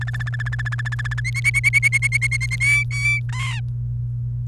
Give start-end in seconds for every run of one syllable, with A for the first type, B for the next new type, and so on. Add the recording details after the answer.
0.01-1.20 A, 1.25-2.56 B, 2.60-3.20 C, 3.29-3.60 D. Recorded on 28 April 2018 at 15:18. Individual llb3